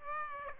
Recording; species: mosquito wingbeat signal from an infrared sensor; Aedes aegypti